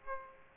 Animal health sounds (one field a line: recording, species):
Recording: mosquito wingbeat signal from an infrared sensor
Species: Aedes aegypti